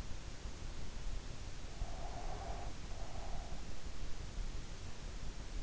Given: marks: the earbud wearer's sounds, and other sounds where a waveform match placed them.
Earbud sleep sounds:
sounds in sleep by an in-ear microphone; breath
1.79-3.69 s: breath

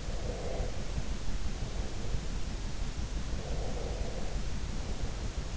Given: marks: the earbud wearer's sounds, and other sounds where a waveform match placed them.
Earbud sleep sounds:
sounds in sleep by an in-ear microphone; breath
0.00-2.08 s: breath
3.44-5.30 s: breath

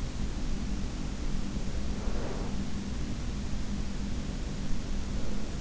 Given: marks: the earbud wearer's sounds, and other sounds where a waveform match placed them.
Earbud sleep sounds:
sounds in sleep by an in-ear microphone; breath
1.81-3.60 s: breath

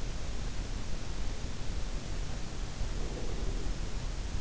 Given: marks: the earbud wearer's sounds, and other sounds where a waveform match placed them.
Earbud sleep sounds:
sounds in sleep by an in-ear microphone; breath
2.81-4.14 s: breath

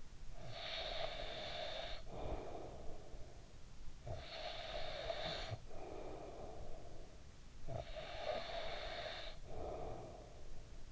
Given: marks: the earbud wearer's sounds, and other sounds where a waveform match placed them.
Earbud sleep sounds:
sounds in sleep by an in-ear microphone; snoring breath
0.00-3.45 s: snoring breath
3.79-7.25 s: snoring breath
7.37-10.91 s: snoring breath

